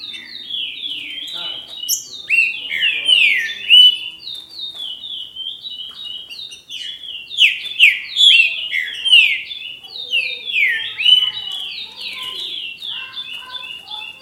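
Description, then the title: Green-winged saltator song: a fast, continuous run of rich, downslurred whistled notes, several per second, with higher chips. "Trinca Ferro"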